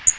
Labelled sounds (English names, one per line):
Magnolia Warbler flight call